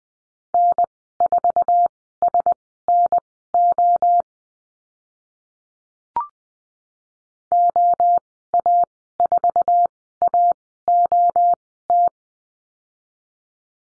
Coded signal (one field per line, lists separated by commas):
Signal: Morse code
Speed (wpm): 20 wpm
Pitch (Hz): 700 Hz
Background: none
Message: N4SNO OA4AOT